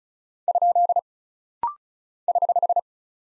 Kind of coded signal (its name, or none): Morse code